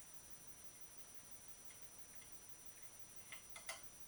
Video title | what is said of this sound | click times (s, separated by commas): Schwinn cruiser fork install and AVA stem of death rant | see how it clicked and that and that way you know it's on there | 3.3 s, 3.7 s